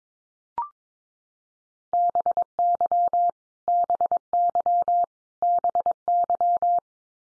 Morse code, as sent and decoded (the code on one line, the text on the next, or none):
-... -.-- / -... -.-- / -... -.--
BY BY BY